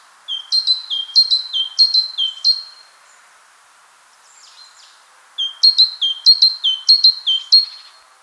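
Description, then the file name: Great tit song in two bursts of rapid alternating high and low notes, several pairs each, separated by a quiet stretch with a faint soft call. "Parus major"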